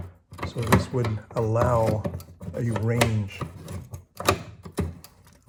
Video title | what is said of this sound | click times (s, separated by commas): FF rebuild part 10 | move it forward, it locks in place. | 0.3 s, 0.4 s